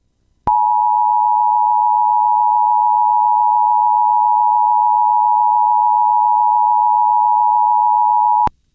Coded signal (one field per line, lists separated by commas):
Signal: Emergency Alert System (SAME) tones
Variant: 853 and 960 Hz attention tone